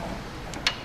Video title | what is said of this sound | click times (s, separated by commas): Demo of Chop Saw for Capital High School | Locks in place, but it's just up and down now. | 0.7 s